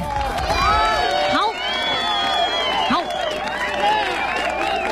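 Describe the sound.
A crowd claps and cheers steadily for several seconds, a dense wash of applause threaded with many overlapping whooping voices, staying loud throughout.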